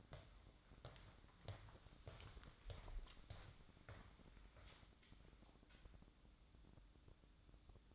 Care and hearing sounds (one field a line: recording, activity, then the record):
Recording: daily activity, microphone in the room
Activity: walk to room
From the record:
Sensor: 3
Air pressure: 1008.2 hPa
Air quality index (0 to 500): 130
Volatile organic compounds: 2 ppm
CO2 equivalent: 1075 ppm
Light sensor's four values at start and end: 12/29/12/12 and 13/30/12/12